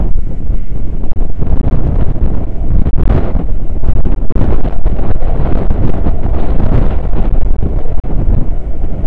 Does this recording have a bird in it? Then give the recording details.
no. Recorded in the Prudhoe Bay oil fields, Alaska, on 9 August 2019 at 00:02. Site 29